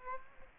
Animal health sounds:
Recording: mosquito wingbeat signal from an infrared sensor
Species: Aedes aegypti

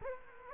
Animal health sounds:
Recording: mosquito wingbeat signal from an infrared sensor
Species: Culex quinquefasciatus

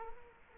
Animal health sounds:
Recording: mosquito wingbeat signal from an infrared sensor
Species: Culex quinquefasciatus

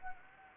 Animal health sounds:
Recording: mosquito wingbeat signal from an infrared sensor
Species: Anopheles gambiae

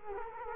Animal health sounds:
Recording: mosquito wingbeat signal from an infrared sensor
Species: Culex quinquefasciatus

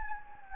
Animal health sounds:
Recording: mosquito wingbeat signal from an infrared sensor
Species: Anopheles gambiae

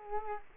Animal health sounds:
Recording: mosquito wingbeat signal from an infrared sensor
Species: Culex quinquefasciatus

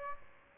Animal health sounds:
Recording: mosquito wingbeat signal from an infrared sensor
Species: Aedes aegypti

